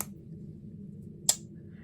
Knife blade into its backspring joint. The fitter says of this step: But this knife here, it still snaps.